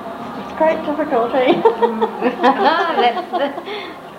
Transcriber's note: laughing